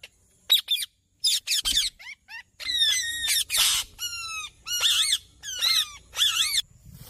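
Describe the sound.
Bird calls: scratchy bursts, then a run of clear, harmonic downslurred notes mixed with raspy squawks, delivered quickly one after another.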